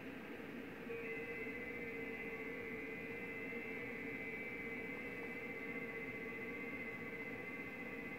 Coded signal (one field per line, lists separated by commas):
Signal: FT8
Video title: 9Z4Y, Trinidad and Tobago, Caribbean Sea, 21MHz, FT8, Worked by HL2WA